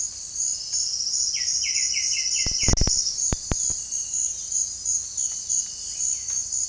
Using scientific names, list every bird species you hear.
Sclateria naevia, Pachyramphus polychopterus